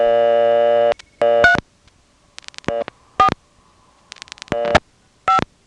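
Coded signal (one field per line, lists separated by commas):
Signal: DTMF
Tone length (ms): 120 ms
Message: 3 4 5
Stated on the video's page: Tones from an independent step-by-step telephone exchange still in service.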